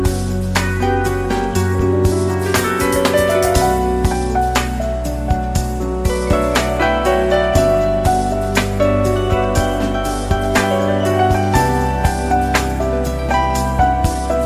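Smooth jazz plays at an even, relaxed level, with a warm bass line and held chords underneath a gently moving melody in the middle range. Soft, regular drum and cymbal taps keep a steady beat throughout, with the bass shifting every couple of seconds.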